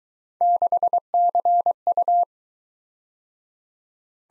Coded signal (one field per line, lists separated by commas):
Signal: Morse code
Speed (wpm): 21 wpm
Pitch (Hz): 700 Hz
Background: none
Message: 6CU